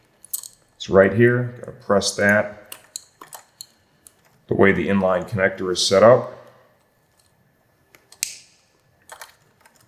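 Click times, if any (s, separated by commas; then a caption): 8.2 s. Someone talks while a Power Commander V inline plastic connector is pushed into the fuel injector harness connector on a Kawasaki Ninja 400, with light plastic taps and handling noises along the way. It slides in and seats with a sharp positive click at 8.2 s.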